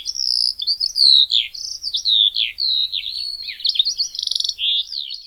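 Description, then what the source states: Eurasian skylark song: a rapid stream of high trills, warbles and whistles, with a buzzy rattling phrase near the end. Song is a complex series of trills, warbles and whistles, the main reason the species was introduced to Hawaii.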